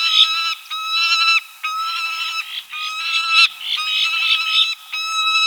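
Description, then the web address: Peregrine falcon giving repeated harsh, ringing, drawn-out notes separated by short breaks, steady in pitch throughout. South America, Ecuador. "Birds of Ecuador. Peregrine Falcon"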